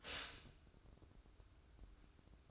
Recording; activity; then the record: daily activity, microphone in the room; stop toaster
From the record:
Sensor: 2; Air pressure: 1006.9 hPa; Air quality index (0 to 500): 43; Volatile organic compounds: 1 ppm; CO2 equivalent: 548 ppm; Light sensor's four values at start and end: 6/14/6/6 and 6/14/6/6